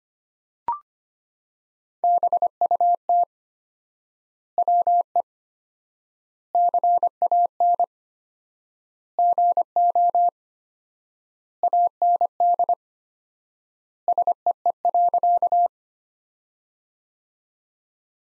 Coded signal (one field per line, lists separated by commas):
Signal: Morse code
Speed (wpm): 25 wpm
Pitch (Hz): 700 Hz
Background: none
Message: BUT WE CAN GO AND SEE.